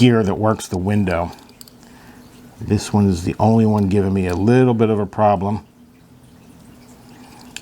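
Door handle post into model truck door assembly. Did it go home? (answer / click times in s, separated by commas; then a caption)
yes / 7.6 s. Someone talks while pressing the door handle post into the plastic door assembly of an Agora FDNY Ladder 9 model fire truck, lining it up with the gear that works the window; faint ticks come at about 1.6 to 1.8 seconds. After some trouble, the post snaps into place with a sharp click at 7.6 seconds, seating it in the door.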